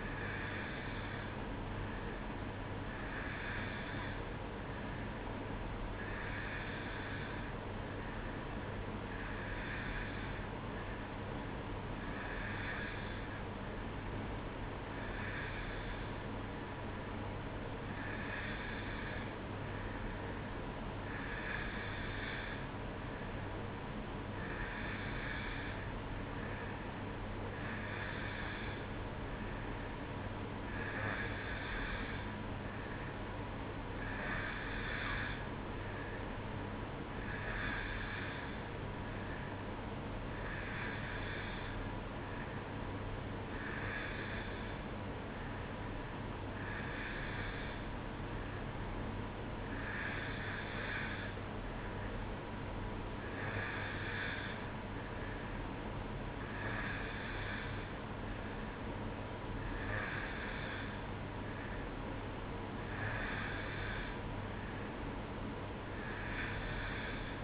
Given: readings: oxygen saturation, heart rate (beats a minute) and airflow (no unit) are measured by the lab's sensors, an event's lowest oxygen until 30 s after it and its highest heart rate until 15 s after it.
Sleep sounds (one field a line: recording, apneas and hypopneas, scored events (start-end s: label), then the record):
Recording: breathing in sleep by a voice recorder at the bedside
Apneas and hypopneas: none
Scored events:
none scored
From the record:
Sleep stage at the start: N2 (light sleep)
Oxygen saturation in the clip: 90 to 91%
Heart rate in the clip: 62 to 66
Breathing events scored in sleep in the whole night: 305 in 9.6 hours asleep